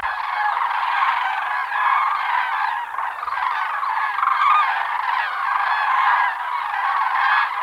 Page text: Common Crane Flock Calls. Quick Sounds